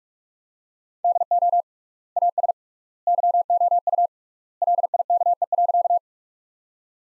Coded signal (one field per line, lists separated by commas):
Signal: Morse code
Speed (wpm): 43 wpm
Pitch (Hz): 700 Hz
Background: none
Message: DO AS YOU LIKE.